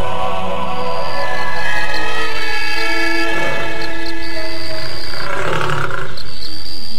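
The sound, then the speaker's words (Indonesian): A tiger growls while being fed, in rough, rumbling bursts over a steady, droning tonal background, the loudest snarls coming in the second half. No one speaks. “Habiskanlah semua makanan ini, Belang.”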